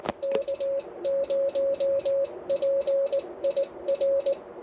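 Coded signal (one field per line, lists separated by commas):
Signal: Morse code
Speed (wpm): 19 wpm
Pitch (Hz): 560 Hz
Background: none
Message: K0PIR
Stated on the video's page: Morse from a park activation at a Mammoth Cave National Park campground, using an Icom 7300 into an end-fed half-wave antenna about 25 feet up.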